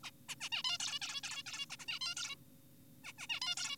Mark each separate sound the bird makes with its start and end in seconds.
0.04-0.10, 0.29-0.35, 0.41-0.49, 0.52-0.63, 0.64-0.78, 0.80-0.99, 1.02-1.21, 1.24-1.43, 1.46-1.66, 1.70-1.77, 1.80-1.86, 1.88-1.99, 2.01-2.15, 2.17-2.36, 3.04-3.13, 3.18-3.27, 3.30-3.40, 3.42-3.55, 3.57-3.76